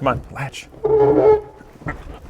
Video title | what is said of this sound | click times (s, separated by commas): VW Scirocco is NOT AS GOOD as my wife's bottom. :( | it's not latching for symbolism no | none